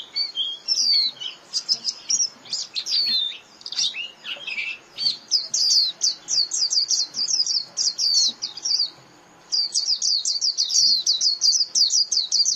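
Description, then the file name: White-eye song-like twitter, busy high chirps and slurs merging into long runs of fast repeated notes, with one short gap near the end. Lure call used to attract white-eyes for trapping (tiếng khuyên mồi). "Tieng khuyen moi"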